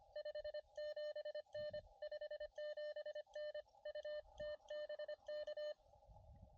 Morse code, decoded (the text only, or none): 57N 57N UT BK